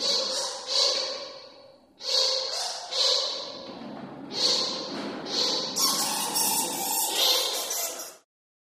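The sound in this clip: Bats squeaking: shrill, grating bursts of chatter come in clusters, with a short break near two seconds before the calls resume.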